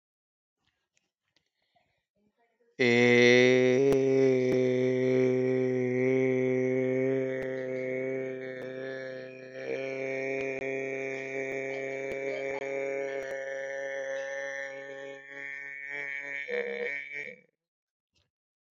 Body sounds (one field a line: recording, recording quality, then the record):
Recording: sustained vowel as in made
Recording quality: excellent, no background noise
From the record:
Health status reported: healthy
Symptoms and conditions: none ticked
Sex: male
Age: 38 years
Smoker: not ticked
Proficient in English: yes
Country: India